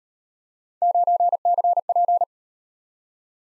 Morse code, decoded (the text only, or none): 9CP